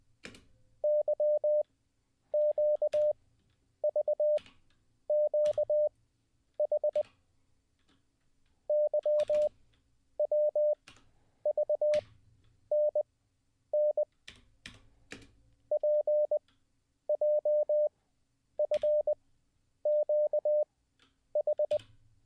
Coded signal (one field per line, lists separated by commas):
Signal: Morse code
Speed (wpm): 20 wpm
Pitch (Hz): 600 Hz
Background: none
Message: YQVQH YWVNN PJFQH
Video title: How To Learn Morse Code LIVE with N0SSC (Day 17)